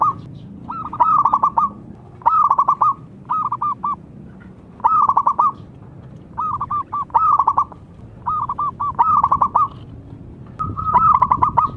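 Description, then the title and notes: Zebra dove song: trilled cooing phrases of rapid rolling notes, repeated with short, uneven gaps over a low background rumble. Lure, singing steadily in full voice (gacor). "Pancingan Perkutut Durasi Panjang. Suara Burung Perkutut Gacor"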